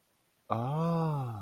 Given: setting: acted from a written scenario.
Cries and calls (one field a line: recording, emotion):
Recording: vocal sound without words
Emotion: realization